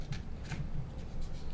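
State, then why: Not seated. A graphics card is handled and lined up with a PCIe riser cable connector before being pushed home, inside a Lian Li Q58 case. Soft rubbing and shuffling sounds are heard, with no sharp transients. The card has not seated or clicked yet.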